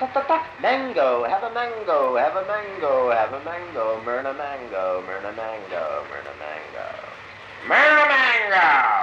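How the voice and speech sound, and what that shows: An adult man talking in his sleep (somniloquy): a sing-song, melodic chant repeating short phrases over and over with a rising and falling pitch, with a musical quality, ending in a louder burst.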